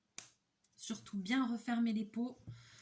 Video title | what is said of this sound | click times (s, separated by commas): umboxing everydayedeals | Voilà, il faut le clic. | 0.2 s